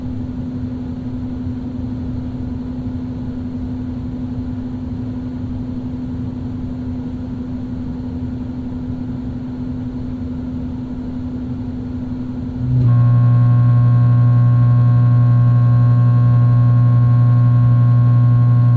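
Two vents run with a steady, low rushing roar and a constant hum underneath. At about 13 seconds a second vent switches on, and the sound becomes louder, with a strong low drone and several steady tones layered above it through to the end.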